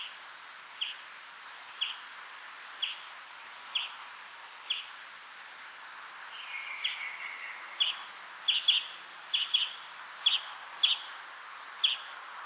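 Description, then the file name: European greenfinch calls: clipped notes at a steady pace, a drawn-out note midway, then quicker, louder chips toward the end. "Chloris chloris"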